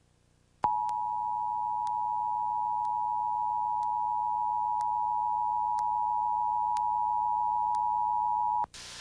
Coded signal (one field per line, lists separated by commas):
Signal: Emergency Alert System (SAME) tones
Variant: 853 and 960 Hz attention tone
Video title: WMDT Emergency Alert System - Tornado Warning (April 1, 2023; 6:22pm, #1)